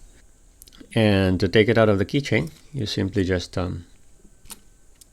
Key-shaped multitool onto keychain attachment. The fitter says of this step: let's attach it here and then it clicks into place